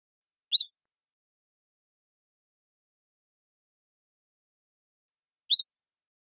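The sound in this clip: Cordilleran flycatcher calling twice, about five seconds apart. Each call is a high, thin two-note upslur, the second note sharper and higher, with silence between.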